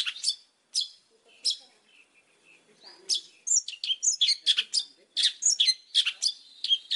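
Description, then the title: Oriental magpie-robin song with sharp chirps and harsh buzzy bursts, sparse at first, then a dense run of varied rasping and whistled notes; faint low sounds beneath. Gacor, lively-singing song used as a lure to make other magpie-robins answer. "Pancingan Suara Siulan Kacer Gacor Mantap Untuk Memancing Kacer Lain Agar Mau Nyaut Bunyi"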